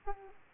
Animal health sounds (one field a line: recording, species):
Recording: mosquito wingbeat signal from an infrared sensor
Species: Aedes aegypti